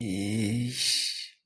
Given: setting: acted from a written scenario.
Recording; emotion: vocal sound without words; shame